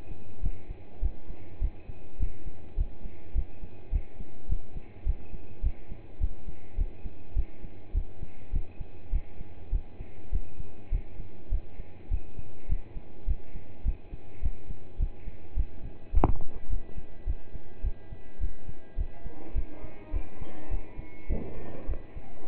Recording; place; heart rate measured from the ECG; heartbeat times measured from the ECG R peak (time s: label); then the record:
heart sounds by stethoscope; between the tricuspid and mitral areas; 103 bpm
0.42 s: heartbeat
1.02 s: heartbeat
1.61 s: heartbeat
2.19 s: heartbeat
2.77 s: heartbeat
3.35 s: heartbeat
3.92 s: heartbeat
4.48 s: heartbeat
5.06 s: heartbeat
5.63 s: heartbeat
6.20 s: heartbeat
6.77 s: heartbeat
7.35 s: heartbeat
7.94 s: heartbeat
8.52 s: heartbeat
9.12 s: heartbeat
9.72 s: heartbeat
10.32 s: heartbeat
10.91 s: heartbeat
11.51 s: heartbeat
12.10 s: heartbeat
12.68 s: heartbeat
13.27 s: heartbeat
13.85 s: heartbeat
14.42 s: heartbeat
14.99 s: heartbeat
15.56 s: heartbeat
16.13 s: heartbeat
16.69 s: heartbeat
17.26 s: heartbeat
17.83 s: heartbeat
18.40 s: heartbeat
18.97 s: heartbeat
19.55 s: heartbeat
20.13 s: heartbeat
20.70 s: heartbeat
21.29 s: heartbeat
21.88 s: heartbeat
22.47 s: heartbeat
From the record:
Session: pedaling a stationary bicycle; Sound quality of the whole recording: partially saturated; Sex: male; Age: 27 years